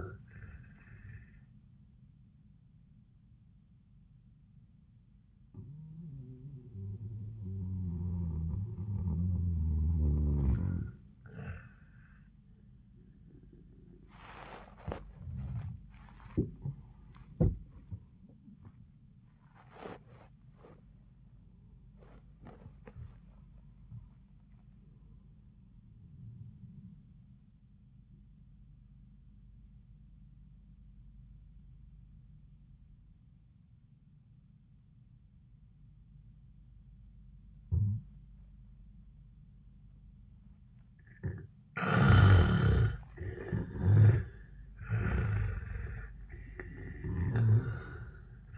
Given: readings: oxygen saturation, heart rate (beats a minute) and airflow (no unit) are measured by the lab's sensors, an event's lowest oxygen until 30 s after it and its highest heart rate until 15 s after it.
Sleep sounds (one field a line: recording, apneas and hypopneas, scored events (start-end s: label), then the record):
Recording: breathing in sleep by a smartphone at the bedside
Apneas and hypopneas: 2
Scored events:
2.00-48.58 s: new sleep stage, N1 (lightest sleep)
5.00-23.00 s: hypopnea (N1, oxygen 96% highest, then 87% lowest, heart rate 98 at the start, 103 highest)
30.00-42.10 s: obstructive apnea (N1, oxygen 98% highest, then 83% lowest, heart rate 87 at the start, 91 highest)
From the record:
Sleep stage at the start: N2 (light sleep)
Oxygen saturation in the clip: 79 to 98%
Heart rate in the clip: 81 to 103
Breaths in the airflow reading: 8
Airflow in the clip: -17.7 to 17.5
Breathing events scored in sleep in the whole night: 400 in 8.7 hours asleep